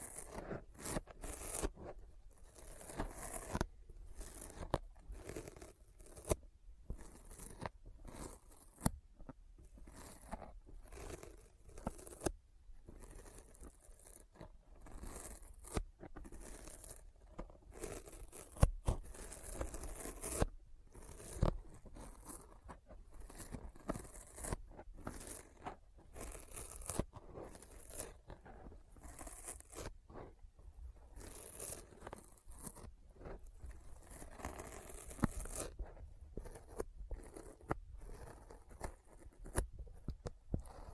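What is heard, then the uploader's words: Sticky finger sounds: rapid, dense bursts of tearing and peeling as fingers pull apart, packed tightly with brief gaps throughout the 41 seconds. The crackly, bright snaps come in irregular clusters, with a few sharper pops around 18 and 36 seconds. ASMR Intense Sticky Finger Sounds (No Talking).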